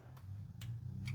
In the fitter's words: That's a click.